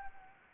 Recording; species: mosquito wingbeat signal from an infrared sensor; Anopheles gambiae